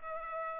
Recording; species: mosquito wingbeat signal from an infrared sensor; Culex pipiens